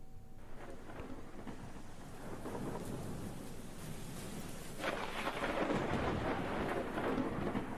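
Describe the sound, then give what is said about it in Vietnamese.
Heavy rain pours steadily one afternoon in a village, with low rumbling thunder rolling underneath and a louder, hissing surge of downpour in the second half. No voices are present. “Chiều hôm ấy, người ta bàn nhau là chôn cất bà Xuân, thì trời tự nhiên đổ mưa to lắm.”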